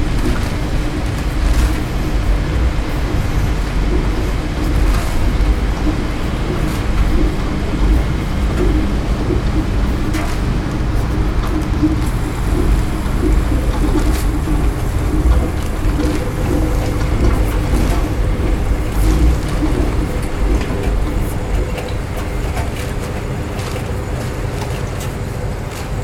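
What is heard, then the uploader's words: A laundromat fills with a steady, dense low rumble of running machines, a constant hum with faint clicks and knocks scattered throughout. LAUNDROMAT.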